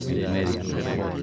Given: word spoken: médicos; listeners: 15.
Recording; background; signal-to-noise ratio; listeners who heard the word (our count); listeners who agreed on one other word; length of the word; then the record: one Spanish word in noise, from a listening test; eight-talker babble; -2.3 dB; 0 of 15; 8 of 15; 0.82 s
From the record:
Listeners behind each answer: 8, 2, 1, 1, 1, 1, 1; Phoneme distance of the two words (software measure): 34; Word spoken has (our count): 3 syllables, 7 phonemes, stress on syllable 1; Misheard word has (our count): 2 syllables, 5 phonemes, stress on syllable 1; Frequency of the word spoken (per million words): 74.83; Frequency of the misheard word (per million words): 185.45